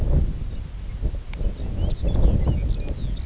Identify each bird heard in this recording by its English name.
Lapland Longspur